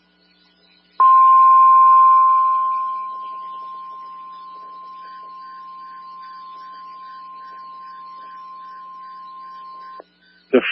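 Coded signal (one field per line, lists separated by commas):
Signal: Emergency Alert System (SAME) tones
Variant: 1050 Hz attention tone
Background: speech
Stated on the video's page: Real evacuation alert relayed by the National Weather Service on NOAA Weather Radio station WXK38.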